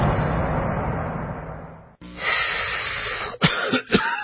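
An adult's acted smoker's cough: coughing and hacking, with throat clearing, in bursts.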